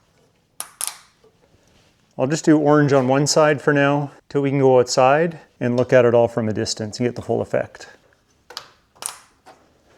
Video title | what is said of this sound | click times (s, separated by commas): How I Transformed My Truck Bed! Diode Dynamics Stage Series + Kuat IBEX Install | Put an orange one on, make sure it clicks. | 0.6 s, 0.8 s